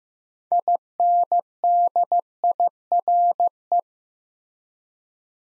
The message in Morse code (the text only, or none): INDIRE